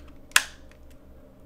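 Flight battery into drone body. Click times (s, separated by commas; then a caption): 0.4 s. The flight battery of a DJI Mavic 3 is slid back into the rear bay of the drone body. It latches with one sharp, bright click at 0.4 s, with faint small ticks around it. The click confirms the battery is seated.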